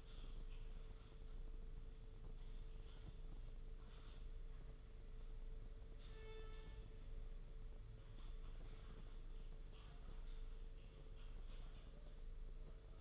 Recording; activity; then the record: daily activity, microphone in the room; typing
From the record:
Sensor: 4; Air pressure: 995.3 hPa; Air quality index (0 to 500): 198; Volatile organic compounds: 141 ppm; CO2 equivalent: 3981 ppm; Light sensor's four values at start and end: 10/25/9/11 and 10/24/9/10